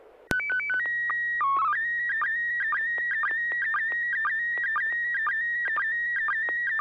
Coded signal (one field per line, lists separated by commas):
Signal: SSTV (slow-scan television)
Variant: PD 120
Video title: N6NA SSTV Net - 08/09/2023